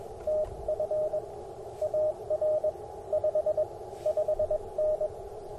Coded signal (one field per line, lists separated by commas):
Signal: Morse code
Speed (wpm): 22 wpm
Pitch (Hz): 600 Hz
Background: radio noise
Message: TF AR 55N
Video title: Morning Morse Code at Tuskegee National Forest K-4451 - 11/17/23